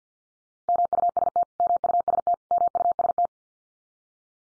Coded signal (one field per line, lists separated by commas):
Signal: Morse code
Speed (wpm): 50 wpm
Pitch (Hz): 700 Hz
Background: none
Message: MUST MUST MUST